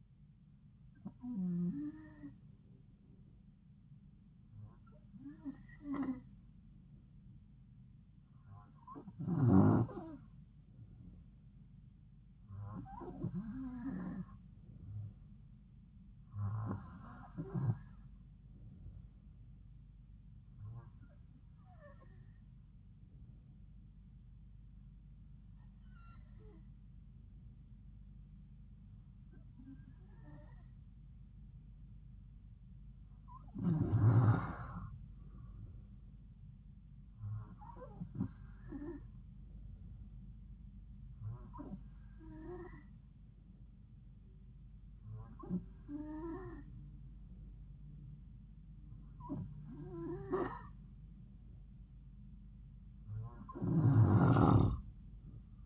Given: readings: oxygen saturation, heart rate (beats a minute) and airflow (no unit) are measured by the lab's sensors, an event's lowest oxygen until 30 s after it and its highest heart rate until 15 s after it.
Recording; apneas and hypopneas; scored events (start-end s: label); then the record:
breathing in sleep by a smartphone at the bedside; none
none scored
From the record:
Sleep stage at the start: N2 (light sleep); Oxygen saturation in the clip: 91 to 93%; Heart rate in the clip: 69 to 73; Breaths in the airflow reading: 14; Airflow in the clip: -4.2 to 4.7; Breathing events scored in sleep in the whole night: 270 in 6.1 hours asleep